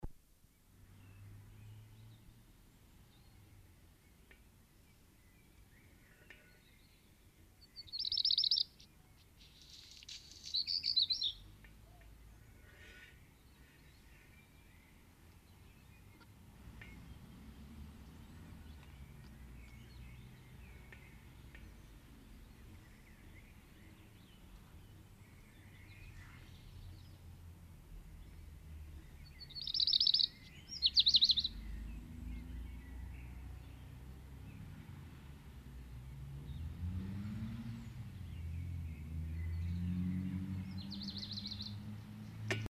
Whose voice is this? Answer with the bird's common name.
Black Redstart